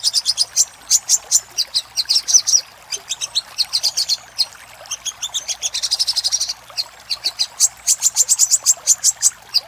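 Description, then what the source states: Little spiderhunter song: repeated shrill chip notes in quick runs, one stretch blurring into a thin buzzing trill. Master recording of little spiderhunter ('sogok ontong'), labelled Labaik, used for training cage birds.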